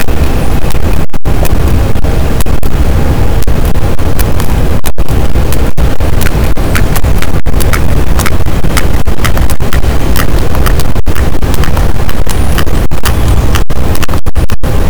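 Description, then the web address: Sperm whale clicks: sharp clicks spaced unevenly, sometimes paired or bunched, over a loud steady low drone of boat engine noise. Recording with boat noise at a signal-to-noise ratio of 18 dB, labelled as a positive sperm whale detection. "Pm BP Physeter Macrocephalus boat SNR 18 d B cachalot positif"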